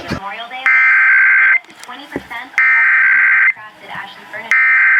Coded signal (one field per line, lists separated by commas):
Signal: Emergency Alert System (SAME) tones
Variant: header bursts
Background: speech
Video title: This is THE Maryland. | EAS #15-19 | Required Monthly Test (RMT) | May 27th, 2026